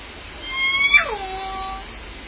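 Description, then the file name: Orca call: a steady high harmonic tone that breaks into a steep downward sweep, ending in a long low tone, over constant hiss. Recorded at Limekiln on 11 June 2014, late evening around 22:46. "2014 06 11 22 46 25 Orca limekiln"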